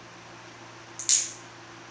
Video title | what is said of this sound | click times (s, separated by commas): HOW TO INSTALL MARQUEE AND WHAT FEATURE AND OPTIONS I OFFER | gonna squeeze it and click it all the way you're gonna hear it click all the way you see | 1.0 s, 1.1 s